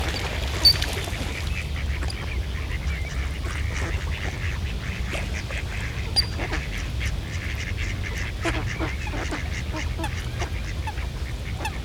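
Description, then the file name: Duck quacks and chatter, short rasping notes scattered throughout, some in quick bursts, above a constant deep background hum. Several ducks on a pond. "Eenden in een vijver - Sound Cloud - Beeld en Geluid"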